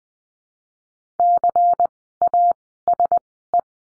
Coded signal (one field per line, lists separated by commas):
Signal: Morse code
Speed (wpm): 20 wpm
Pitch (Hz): 700 Hz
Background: none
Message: CASE